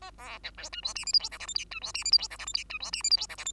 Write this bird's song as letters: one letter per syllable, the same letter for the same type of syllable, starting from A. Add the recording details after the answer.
A B C D E F G H I J K L M N E F G H I J K L M N E F G H I J K L M. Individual Bird2